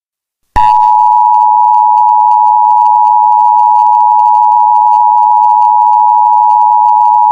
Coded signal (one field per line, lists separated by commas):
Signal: Emergency Alert System (SAME) tones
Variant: 853 and 960 Hz attention tone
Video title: An EAS Scenario Story- Not What I Wanted #eas scenario #eas 2023 #eas scenario end of the world